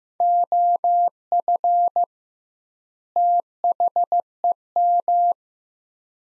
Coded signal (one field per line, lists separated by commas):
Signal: Morse code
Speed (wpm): 15 wpm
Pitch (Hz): 700 Hz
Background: none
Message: OF THEM